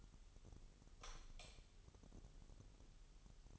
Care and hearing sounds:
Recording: daily activity, microphone in the room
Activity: light off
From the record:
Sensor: 4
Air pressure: 989.2 hPa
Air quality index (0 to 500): 222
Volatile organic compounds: 78 ppm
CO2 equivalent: 3592 ppm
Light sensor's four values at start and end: 27/92/34/35 and 24/79/30/30

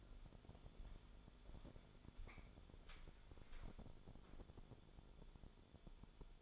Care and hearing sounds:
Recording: daily activity, microphone in the room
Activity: walk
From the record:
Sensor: 5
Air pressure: 1015.4 hPa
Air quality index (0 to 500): 176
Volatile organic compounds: 6 ppm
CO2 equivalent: 1916 ppm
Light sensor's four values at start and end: 39/89/36/36 and 39/89/36/36

